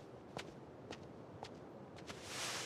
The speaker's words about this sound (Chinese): 最终重重一跺脚，拔起长刀大步离去。